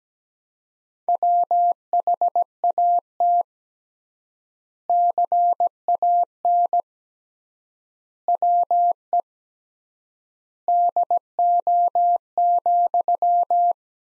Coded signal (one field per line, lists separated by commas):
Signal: Morse code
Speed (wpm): 17 wpm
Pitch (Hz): 700 Hz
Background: none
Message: WHAT CAN WE DO,